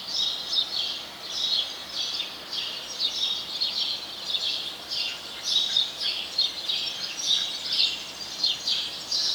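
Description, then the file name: House sparrow chirping in a dense run of high, bright notes that overlap and blur together above a constant background hiss. "Passer domesticus"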